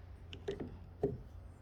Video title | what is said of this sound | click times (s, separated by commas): Custom Fishing Rod Holder Bracket for Columbia Fiberglass Fishing Boat | the rod just clicks into place and now | 0.3 s